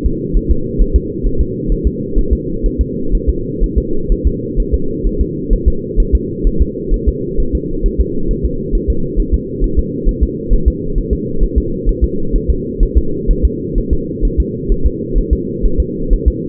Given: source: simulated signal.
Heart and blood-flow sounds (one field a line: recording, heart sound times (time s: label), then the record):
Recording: fetal heart sounds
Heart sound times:
0.06 s: S2
0.37 s: S1
0.51 s: S2
0.81 s: S1
0.96 s: S2
1.26 s: S1
1.41 s: S2
1.72 s: S1
1.87 s: S2
2.19 s: S1
2.33 s: S2
2.66 s: S1
2.81 s: S2
3.15 s: S1
3.30 s: S2
3.63 s: S1
3.78 s: S2
4.12 s: S1
4.27 s: S2
4.60 s: S1
4.74 s: S2
5.07 s: S1
5.21 s: S2
5.53 s: S1
5.68 s: S2
6.00 s: S1
6.15 s: S2
6.47 s: S1
6.62 s: S2
6.94 s: S1
7.09 s: S2
7.40 s: S1
7.55 s: S2
7.86 s: S1
8.01 s: S2
8.31 s: S1
8.46 s: S2
8.75 s: S1
8.90 s: S2
9.19 s: S1
9.34 s: S2
9.64 s: S1
9.79 s: S2
10.09 s: S1
10.23 s: S2
10.53 s: S1
10.68 s: S2
10.98 s: S1
11.13 s: S2
11.43 s: S1
11.58 s: S2
11.89 s: S1
12.04 s: S2
12.36 s: S1
12.50 s: S2
12.83 s: S1
12.98 s: S2
13.31 s: S1
13.45 s: S2
13.78 s: S1
13.93 s: S2
14.25 s: S1
14.40 s: S2
14.72 s: S1
14.86 s: S2
15.18 s: S1
15.33 s: S2
15.65 s: S1
15.80 s: S2
16.13 s: S1
16.28 s: S2
From the record:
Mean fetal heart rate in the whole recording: 130 bpm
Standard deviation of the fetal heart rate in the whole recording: 4 bpm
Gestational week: 38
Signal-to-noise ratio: -8.1 dB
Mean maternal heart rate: 72 bpm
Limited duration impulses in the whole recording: absent